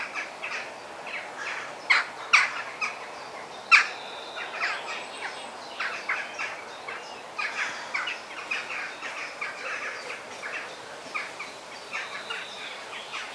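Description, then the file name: Parrot calls, scattered harsh squawks and a few sharp whistled notes, irregular and sometimes clustered, with a thin high whistle drifting through the background. Parrot calls in forest ambience. "ASMR Sounds of the Forest - The Parrot Song"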